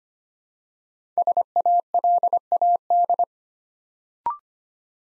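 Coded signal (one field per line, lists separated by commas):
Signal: Morse code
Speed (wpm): 25 wpm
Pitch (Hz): 700 Hz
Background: none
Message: SALAD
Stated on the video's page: Morse Code Ninja practice set at 25 wpm, building 3- to 5-letter words one letter at a time.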